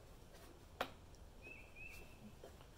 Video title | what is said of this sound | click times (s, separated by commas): How To Do A Complete Engine Service On A Hustler Raptor SD | we can go ahead and put our boot on make sure it clicks on there all the way now | 0.8 s